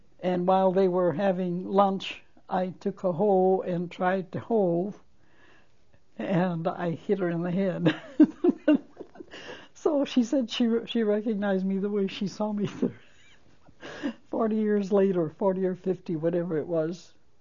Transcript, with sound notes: and while they were having lunch I took a hoe and tried to hoe and I hit her in the head. (She laughs.) So she said she recognized me the way she saw, forty years later, forty or fifty, whatever it was.